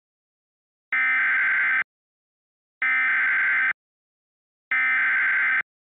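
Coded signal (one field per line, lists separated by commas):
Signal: Emergency Alert System (SAME) tones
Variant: header bursts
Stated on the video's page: EAS recreation with valid tones on a fictional cable company, simulating a flooding alert for Nueces County.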